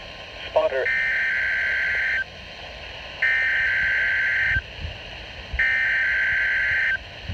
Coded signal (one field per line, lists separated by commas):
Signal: Emergency Alert System (SAME) tones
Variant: header bursts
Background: speech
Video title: (EAS#167) Required Weekly Test